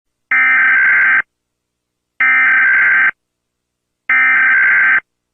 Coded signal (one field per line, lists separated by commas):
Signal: Emergency Alert System (SAME) tones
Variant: header bursts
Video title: EAS Scenario SCP 1461 emergency instructions